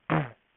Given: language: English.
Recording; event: throat vibration sensor signal played as sound; throat clearing